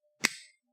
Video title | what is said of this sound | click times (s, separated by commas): Late Night Garage Stuff - 87; RX7 - 97' Turbo Miata - VR - twitch.tv/malic_vr | and then that goes in until it snaps and then it's completely flush right | 0.2 s